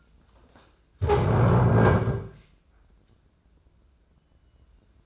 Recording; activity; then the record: daily activity, microphone in the room; stand up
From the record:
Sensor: 2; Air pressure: 995.8 hPa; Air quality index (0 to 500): 240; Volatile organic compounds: 1000 ppm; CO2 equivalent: 5922 ppm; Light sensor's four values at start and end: 27/67/29/32 and 25/60/26/29